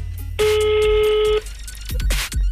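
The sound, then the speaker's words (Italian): A single steady telephone ringing tone from an outgoing call sounds for about a second, loud and buzzy with a fixed pitch, then stops, followed by softer sweeping background sounds. “Stiamo chiamando.”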